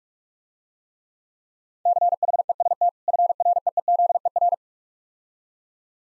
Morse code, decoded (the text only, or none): CHEST FREEZER